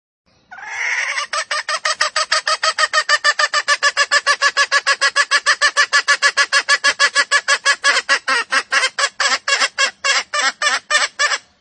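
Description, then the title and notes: Junglefowl hen giving a long, loud, regular run of rapid harsh clucking notes, lasting over ten seconds. Female junglefowl calls used as a lure recording to attract junglefowl. "Pancingan Ayam Hutan Betina. Suara Ayam Hutan Betina. Pemikat Ayam Hutan"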